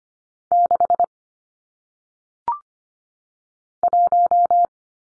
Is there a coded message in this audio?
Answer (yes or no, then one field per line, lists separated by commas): yes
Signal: Morse code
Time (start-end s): 0.5-4.7 s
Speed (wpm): 25 wpm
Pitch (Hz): 700 Hz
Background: none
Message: 6 1